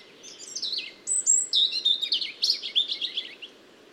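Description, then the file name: European robin song: a run of high, thin warbled phrases with rapid trills and sliding whistles, varied notes tumbling over about three seconds, faint background hiss. "Erithacus rubecula"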